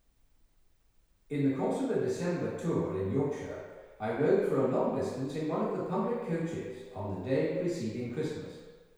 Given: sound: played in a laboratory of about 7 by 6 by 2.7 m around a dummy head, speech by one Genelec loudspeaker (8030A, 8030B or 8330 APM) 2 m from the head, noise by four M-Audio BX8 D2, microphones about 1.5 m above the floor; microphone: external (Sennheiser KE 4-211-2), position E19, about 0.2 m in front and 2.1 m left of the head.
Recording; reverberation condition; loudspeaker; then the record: male speech in English; high; 30 degrees to the left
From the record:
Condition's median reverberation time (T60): about 1300 ms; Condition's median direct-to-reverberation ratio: about -4.0 dB